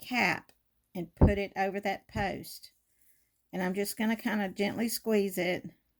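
Someone talks while a metal snap-rivet cap is placed over a rivet post that passes through a purse strap and is gently squeezed by hand. Only speech is heard, with no distinct click, and the cap has not yet snapped into place.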